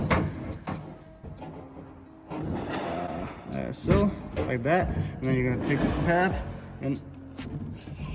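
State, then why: Not seated. Someone talks over music while handling the plastic retainer tab on the cable end of the rear liftgate latch handle of a 2001 Dodge Dakota, during a rear latch handle fix and replacement. Only faint handling sounds come through under the music. The tab is meant to be pushed down until it locks so the cable can't come off, but nothing has seated or clicked yet.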